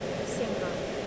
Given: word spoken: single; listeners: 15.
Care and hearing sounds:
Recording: one English word in noise, from a listening test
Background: speech-shaped noise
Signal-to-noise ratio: -4.2 dB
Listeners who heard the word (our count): 3 of 15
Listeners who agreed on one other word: 7 of 15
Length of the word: 0.67 s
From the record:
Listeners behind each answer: 7, 3, 2, 1, 1, 1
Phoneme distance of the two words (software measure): 14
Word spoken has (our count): 2 syllables, 6 phonemes, stress on syllable 1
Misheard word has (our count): 2 syllables, 4 phonemes, stress on syllable 1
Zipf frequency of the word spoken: 5.15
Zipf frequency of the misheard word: 4.48

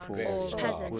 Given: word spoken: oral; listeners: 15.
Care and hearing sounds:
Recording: one English word in noise, from a listening test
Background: four-talker babble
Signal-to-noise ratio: -2.4 dB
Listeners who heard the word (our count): 0 of 15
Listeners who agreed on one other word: 8 of 15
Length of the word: 0.60 s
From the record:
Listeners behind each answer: 8, 2, 1, 1, 1, 1, 1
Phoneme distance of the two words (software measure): 47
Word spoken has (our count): 2 syllables, 4 phonemes, stress on syllable 1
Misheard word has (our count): 2 syllables, 5 phonemes, stress on syllable 1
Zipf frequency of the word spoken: 3.42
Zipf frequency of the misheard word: 3.43

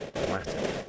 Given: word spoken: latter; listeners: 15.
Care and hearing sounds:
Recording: one English word in noise, from a listening test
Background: noise modulated by three-talker babble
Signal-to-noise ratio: -5.0 dB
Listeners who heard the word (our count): 0 of 15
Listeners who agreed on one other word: 11 of 15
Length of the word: 0.49 s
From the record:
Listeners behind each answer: 11, 2, 1, 1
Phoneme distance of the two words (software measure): 10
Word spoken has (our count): 2 syllables, 4 phonemes, stress on syllable 1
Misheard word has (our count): 2 syllables, 4 phonemes, stress on syllable 1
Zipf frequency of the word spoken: 3.69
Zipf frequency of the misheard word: 5.24

